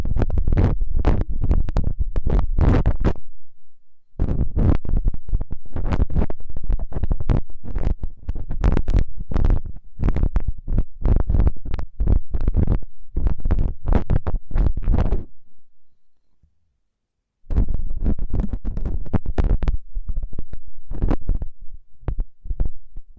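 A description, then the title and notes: Crackling hair picking: dense bursts of rustling scratches with a heavy low rumble, pausing briefly near four seconds and falling silent around sixteen. Pure hair picking, delicate and different tingling comfort, electric-like feeling.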